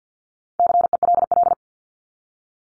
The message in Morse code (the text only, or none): CELL